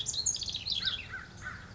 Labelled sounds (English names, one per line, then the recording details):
American Crow
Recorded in Sonoma County, California